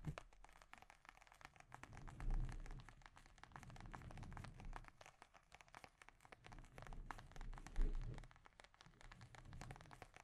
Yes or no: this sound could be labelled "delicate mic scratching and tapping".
yes